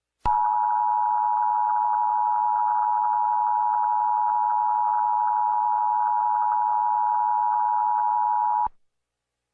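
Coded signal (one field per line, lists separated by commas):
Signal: Emergency Alert System (SAME) tones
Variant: 853 and 960 Hz attention tone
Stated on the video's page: Recreation of EAS tones of the 2011 and 2023 national tests.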